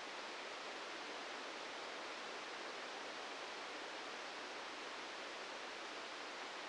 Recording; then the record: brain microelectrode recording played as sound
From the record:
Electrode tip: inside the subthalamic nucleus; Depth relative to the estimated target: 0 mm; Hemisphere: left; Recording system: NeuroSet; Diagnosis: Parkinson's disease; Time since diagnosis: 13 years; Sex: male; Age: 65 years